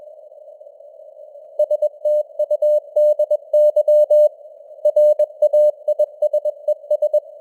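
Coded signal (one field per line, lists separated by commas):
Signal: Morse code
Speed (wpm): 21 wpm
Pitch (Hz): 600 Hz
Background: none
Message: STUDY RAISES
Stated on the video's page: Simulated Morse news at 21 wpm with simulated radio noise and varying signal strength (QSB).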